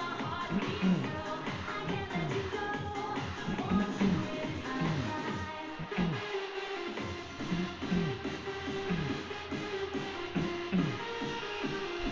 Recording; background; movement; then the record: throat clearing; music; sitting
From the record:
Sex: male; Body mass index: 20.5 kg/m2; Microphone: on the chest, facing outward